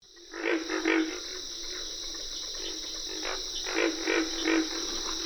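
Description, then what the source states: Pig frog chorus of low, rough grunts in irregular bursts over a steady high insect hum. Chorus at a wet grassy prairie in Okefenokee National Wildlife Refuge, Georgia, USA.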